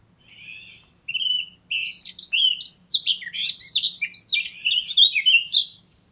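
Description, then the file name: Eurasian blackcap song opening with quiet scratchy twittering, then breaking into a fast, loud run of varied whistles and warbled notes. "Sylvia atricapilla"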